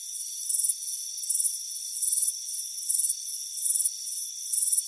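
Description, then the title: Cricket chirps come as high trilled pulses about every 0.8 seconds, set against a constant thin ringing drone. "Soothing Crickets Chirping Sound"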